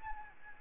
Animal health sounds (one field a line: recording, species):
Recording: mosquito wingbeat signal from an infrared sensor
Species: Aedes albopictus